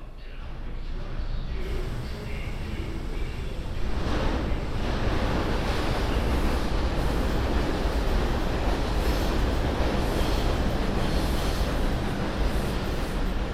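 A subway ride heard from inside the car: a dense, steady roar of wheels and motor fills the low end and grows louder after about four seconds, then holds. Faint voices and brief brighter rattles surface now and then above the constant rumble.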